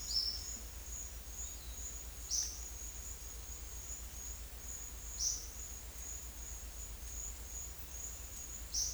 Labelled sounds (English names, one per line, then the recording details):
none
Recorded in secondary vegetation near Puerto Asís, Putumayo, Colombia, on 22 December 2024 at 10:30
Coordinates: 0.488, -76.319
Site GP04